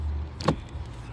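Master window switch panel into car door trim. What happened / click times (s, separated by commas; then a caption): The switch panel snapped into the door trim / 0.4 s, 0.5 s. An upgraded master window switch panel for a 2009–2023 Dodge Challenger, Charger, 300, Durango or Grand Cherokee is slid back into the plastic door trim opening and pushed down. Two sharp snaps sound at 0.4 s and 0.5 s as its clips lock in over a low background hum. The panel is seated.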